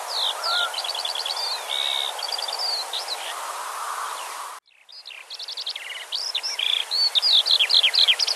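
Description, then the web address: Eurasian skylark song, fast high warbling with buzzy trills and rising slurs, briefly cut off midway before the rapid outpouring resumes. "ljud Alauda arvensis"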